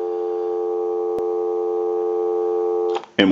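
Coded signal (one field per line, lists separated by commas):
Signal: telephone call progress tone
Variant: North America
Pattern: dial tone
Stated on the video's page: Heard on a Kellogg wood wall crank telephone, converted, during initial checkout and repair.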